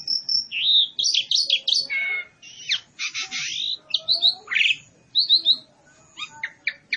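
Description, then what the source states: Pied myna pouring out a continuous medley of high whistles, buzzy rattles, squeaky slurs and harsh notes, with hardly a gap between phrases. Lure call, in Indonesian 'pancingan', for pied mynas.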